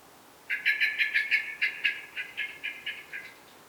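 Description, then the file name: Common blackbird giving one loud rapid rattle of many sharp clipped notes, slowing and fading slightly toward the end. "Turdus merula"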